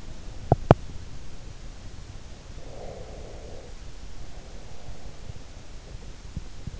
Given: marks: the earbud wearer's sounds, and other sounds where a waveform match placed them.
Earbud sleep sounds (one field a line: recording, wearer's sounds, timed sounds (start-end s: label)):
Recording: sounds in sleep by an in-ear microphone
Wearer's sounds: teeth grinding, breath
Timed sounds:
0.34-1.02 s: teeth grinding
2.47-5.44 s: breath